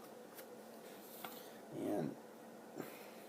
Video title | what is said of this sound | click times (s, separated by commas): Peltor ComTac Hearing Defender | um and then this just snaps back into place like so | 1.2 s